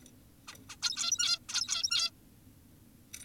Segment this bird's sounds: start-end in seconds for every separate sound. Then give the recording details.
0.48-0.54, 0.69-0.76, 0.82-1.39, 1.49-2.11. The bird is an adult. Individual g17y2U